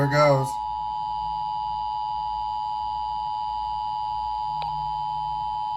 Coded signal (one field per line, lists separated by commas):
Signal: Emergency Alert System (SAME) tones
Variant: 853 and 960 Hz attention tone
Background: speech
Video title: Required Monthly Test On WHPT-FM - 11/21/23 (EAS #1096)